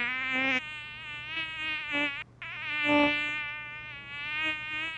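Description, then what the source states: Bee buzzing, a continuous wavering hum with pitch shifts and loudness swells, briefly cutting out midway before resuming. A single bee.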